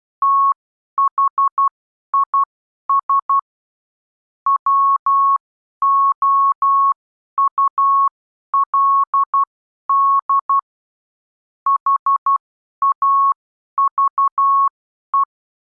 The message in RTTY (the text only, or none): none